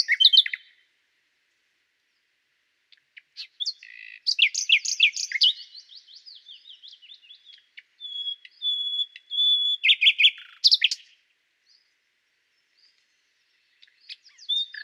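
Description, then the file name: Common nightingale singing varied phrases: a quick opening burst, dense chattering notes, a soft repeated ticking, clear piping whistles and a sharp flourish. "Luscinia megarhynchos"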